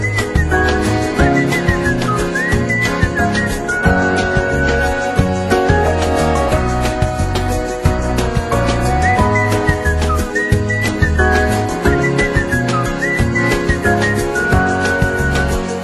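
A steady whistled melody rides high over full band music, with a driving beat and bass underneath, the tune looping in short bright phrases throughout.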